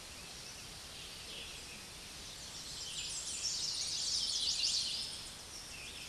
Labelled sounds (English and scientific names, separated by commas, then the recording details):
American Redstart (Setophaga ruticilla) song
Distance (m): 35 m
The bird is about 15 m above the microphone
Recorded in a Pennsylvania forest on 16 May 2024 at 06:55
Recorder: AudioMoth, point MSD-2305
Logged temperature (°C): 16.9 °C
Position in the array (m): 49 m, 226 m